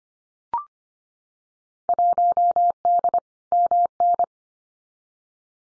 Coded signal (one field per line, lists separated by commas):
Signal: Morse code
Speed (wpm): 25 wpm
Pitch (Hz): 700 Hz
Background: none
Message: 1D MN